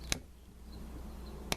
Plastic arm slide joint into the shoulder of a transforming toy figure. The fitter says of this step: Once you get it to pop into place, that frees up the elbow joint for arm articulation.